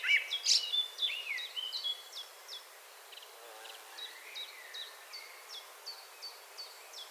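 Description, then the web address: Common blackbird: loud fluty chattering phrases at the start, then a steady string of thin, sharp high ticks with a faint low warble in between. "SETE data Turdus merula 181122"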